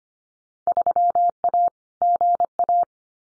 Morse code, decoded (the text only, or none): 3A GA